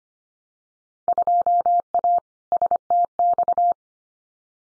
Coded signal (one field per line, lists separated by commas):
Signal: Morse code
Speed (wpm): 25 wpm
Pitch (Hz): 700 Hz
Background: none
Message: 2A STX